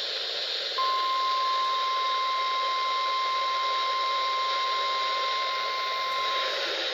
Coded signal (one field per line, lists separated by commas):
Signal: Emergency Alert System (SAME) tones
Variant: 1050 Hz attention tone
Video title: EAS #816 - Special Marine Warning 8-12-2014